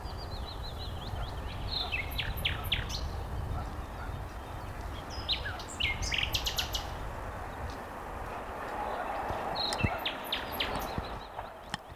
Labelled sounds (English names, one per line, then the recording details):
Common Nightingale
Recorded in the wild
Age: adult
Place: Blankenfelde, Berlin, DE
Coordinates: 52.625, 13.404
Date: 1992-05-01 10:35
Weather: heiter bis wolkig, böiger Wind, 16 °C
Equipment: Nagra SN, Mikrofon AKG CK 8, Kopie Tesla B 116
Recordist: Tembrock, Günter
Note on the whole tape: Bei Mönchmühle; 2 Reviernachbarn nacheinander (bei 1 : markante Wiederholungen, einmal Warnlaut in der Sequenz); Dauer etwa 10 min